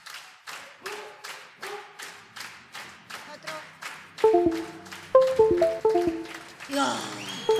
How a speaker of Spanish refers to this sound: ¡Palmas! ¡Palmas!